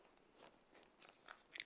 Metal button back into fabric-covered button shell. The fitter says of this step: and you push it in like this and you just push it until you hear it click